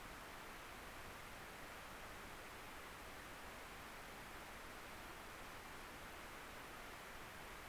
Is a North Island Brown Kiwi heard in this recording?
no